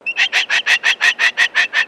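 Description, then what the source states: Sulphur-crested cockatoo giving a fast, even series of harsh, buzzy bursts. Talking cockatoo.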